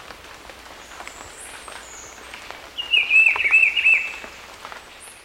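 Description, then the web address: Black-bellied peppershrike song: a single rich, warbled phrase of quick rising and falling notes lasting about a second and a half, over steady hiss and faint high insect-like tones. Ecuador. "Birds of Ecuador. Black-bellied Peppershrike"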